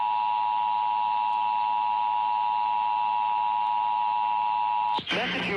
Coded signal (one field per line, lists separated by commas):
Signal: Emergency Alert System (SAME) tones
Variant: 853 and 960 Hz attention tone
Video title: 10 Years on YouTube Top 10 SCARY EAS National Tests WITH COMMENTARY